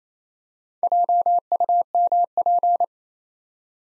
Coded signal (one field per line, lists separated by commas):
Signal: Morse code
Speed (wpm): 28 wpm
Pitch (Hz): 700 Hz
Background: none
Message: JUMP